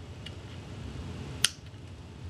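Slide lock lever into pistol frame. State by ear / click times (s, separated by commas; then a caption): seated / 1.5 s. An aftermarket slide lock lever is wiggled and pushed into the polymer frame of a Glock 30 pistol over a low background hiss, with a faint tick at 0.3 s. The lever snaps into place with one sharp, bright click at 1.5 s, showing it is seated.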